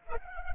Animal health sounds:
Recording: mosquito wingbeat signal from an infrared sensor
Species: Culex pipiens

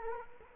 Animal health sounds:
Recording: mosquito wingbeat signal from an infrared sensor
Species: Culex quinquefasciatus

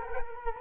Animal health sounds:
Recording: mosquito wingbeat signal from an infrared sensor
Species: Culex quinquefasciatus

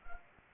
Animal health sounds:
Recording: mosquito wingbeat signal from an infrared sensor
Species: Anopheles gambiae

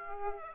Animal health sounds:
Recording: mosquito wingbeat signal from an infrared sensor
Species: Aedes aegypti

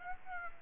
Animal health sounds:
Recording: mosquito wingbeat signal from an infrared sensor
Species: Aedes aegypti

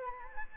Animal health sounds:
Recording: mosquito wingbeat signal from an infrared sensor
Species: Anopheles arabiensis

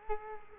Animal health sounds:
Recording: mosquito wingbeat signal from an infrared sensor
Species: Culex quinquefasciatus

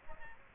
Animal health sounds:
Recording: mosquito wingbeat signal from an infrared sensor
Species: Aedes aegypti

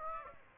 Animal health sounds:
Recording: mosquito wingbeat signal from an infrared sensor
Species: Aedes aegypti

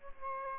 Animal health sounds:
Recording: mosquito wingbeat signal from an infrared sensor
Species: Aedes albopictus

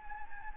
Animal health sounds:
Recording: mosquito wingbeat signal from an infrared sensor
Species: Anopheles gambiae

